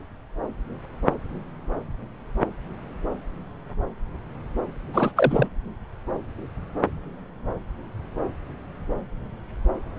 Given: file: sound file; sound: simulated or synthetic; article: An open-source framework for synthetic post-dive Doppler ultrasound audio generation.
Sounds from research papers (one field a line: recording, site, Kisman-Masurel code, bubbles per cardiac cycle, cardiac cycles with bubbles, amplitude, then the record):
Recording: Doppler ultrasound audio after a dive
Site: subclavian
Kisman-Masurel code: 213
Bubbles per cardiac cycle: several, 3–8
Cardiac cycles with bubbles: 1–10%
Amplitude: loud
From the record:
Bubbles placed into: full cardiac cycles